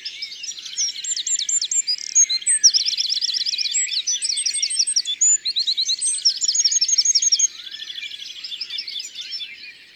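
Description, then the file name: European goldfinch singing: a fast, tinkling twitter of high liquid notes with buzzy trills mixed in, carrying on without a break. Recorded in the Drôme, France. "Chardonneret elegant Concerts Naturels de la Drome Studio les Trois Becs"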